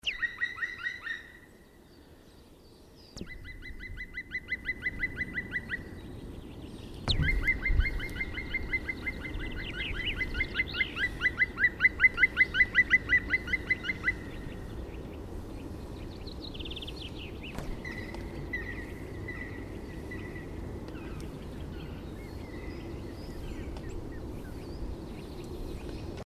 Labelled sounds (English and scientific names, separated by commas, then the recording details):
Black Woodpecker (Dryocopus martius) courtship call, Common Chaffinch (Fringilla coelebs)
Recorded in the wild
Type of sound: courtship call
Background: Fringilla coelebs
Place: Garmisch-Partenkirchen, Bayern, DE
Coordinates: 47.5022, 11.0817
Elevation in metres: 847
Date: 1969-04-10
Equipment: Original Vollspur
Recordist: Tretzel, Erwin
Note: Pflegersee, Garmisch-Partenkirchen: Balzrufe